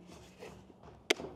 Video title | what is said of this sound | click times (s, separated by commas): Don't Buy A Bulky Camping Cooking Set Until You See This | and then locks into place so we've got a | 1.1 s